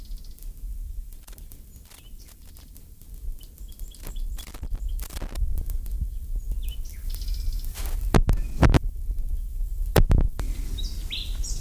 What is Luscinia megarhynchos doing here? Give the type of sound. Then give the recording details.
song. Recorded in the wild. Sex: male. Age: adult. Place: Lübars, Berlin, DE. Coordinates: 52.6172, 13.3619. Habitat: wood. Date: 2007-05-04 13:45. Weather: sunny, 23°C. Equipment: Sony WM-D6C, Sennheiser ME 80, Kopie Uher 4000 Report Monitor. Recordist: Tembrock, Günter. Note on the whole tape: Männchen: Gesang (gleiches Exemplar am 28.4., 4.5., 6.5., 20.5, 28.5. und Tier 1 am 29.5.2007). Im kleinen Wäldchen nahe der Siedlung - in der Nähe des Grundstücks